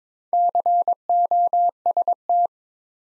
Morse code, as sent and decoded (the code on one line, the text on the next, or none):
-.-. --- ... -
COST